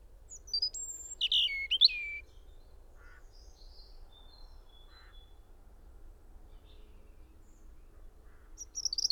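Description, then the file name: European robin song: a burst of varied high, thin whistled phrases with sliding notes near the start, then faint scattered notes and a last high trill at the end. "Erithacus rubecula"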